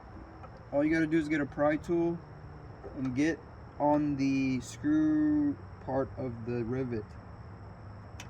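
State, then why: Released. Someone talks while a pry tool is worked under the screw part of a plastic push rivet in the tailgate trim panel of a Ram truck, during a tailgate assist install. At 8.2 s a single short, sharp click is heard as the rivet pops loose and is released.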